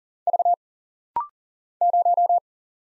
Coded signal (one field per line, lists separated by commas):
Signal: Morse code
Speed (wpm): 40 wpm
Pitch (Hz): 700 Hz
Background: none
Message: V 0